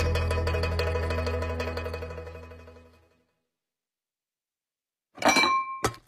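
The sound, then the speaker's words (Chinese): A low, ringing tone fades out over about three seconds, then after a pause comes a short burst of bright clinks, like bowls and chopsticks knocking together. “碗筷叮当，谁能品出人生的酸甜苦？”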